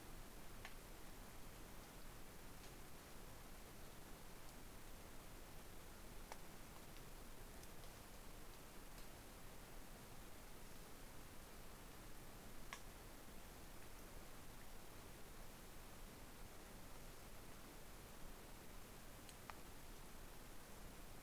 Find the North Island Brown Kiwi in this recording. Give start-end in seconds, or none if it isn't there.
none